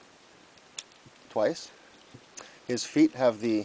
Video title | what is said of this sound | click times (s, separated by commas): Jungle Attack Ironhide Transformers ROTF Review | and snap into place | 0.8 s